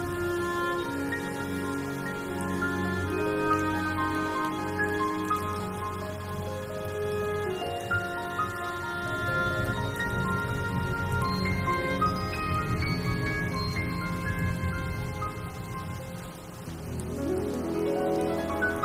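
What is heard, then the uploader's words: Soundtrack music with rain: sustained, ringing bell-like and chime tones hold long steady notes over a dense, constant bed of rain hiss. The level stays even throughout, dipping briefly around sixteen seconds before a new low swell rises near the end. Original sound tracks with rain.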